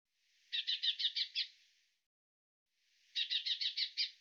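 Bird calling in two quick bursts of six clipped chirps, with a short pause between them.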